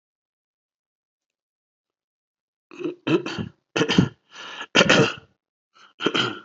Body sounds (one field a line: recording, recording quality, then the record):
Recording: shallow voluntary cough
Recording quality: excellent, no background noise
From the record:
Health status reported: COVID-19 positive, mild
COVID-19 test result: positive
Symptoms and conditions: cough, fever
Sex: male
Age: 45 years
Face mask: worn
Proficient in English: yes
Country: India